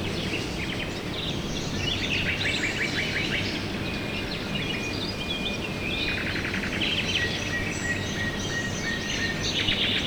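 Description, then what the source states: Birds chorusing, rapid repeated chirp series and a sustained thin whistle amid other songs, steady hiss behind. Recorded at dawn, 5 a.m.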